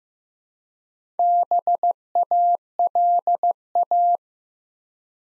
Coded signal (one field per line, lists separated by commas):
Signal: Morse code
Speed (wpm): 15 wpm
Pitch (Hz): 700 Hz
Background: none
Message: BALA